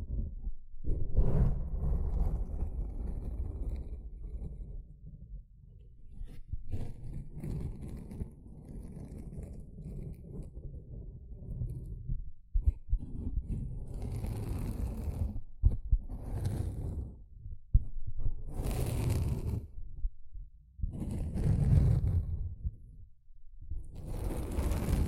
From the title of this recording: Sponge Sounds - Scratching, Squishing, Brushing, Cutting